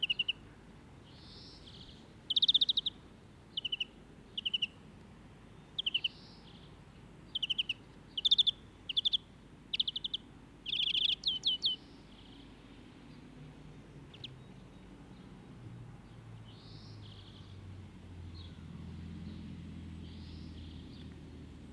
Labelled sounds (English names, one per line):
European Greenfinch song